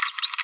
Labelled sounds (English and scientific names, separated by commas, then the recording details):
Green-rumped Parrotlet (Forpus passerinus) babbling
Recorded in a nest box in Venezuela
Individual 18B25A5